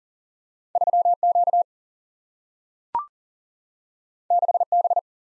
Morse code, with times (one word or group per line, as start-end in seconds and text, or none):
0.8-1.1 3
1.2-1.6 Q
4.3-4.6 6
4.7-5.0 B